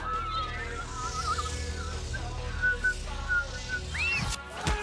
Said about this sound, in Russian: Свистом поднимает ее в воздух. Стрела падает, вновь взлетает, описывает петлю и врезается в стену. Стрела падает на пол.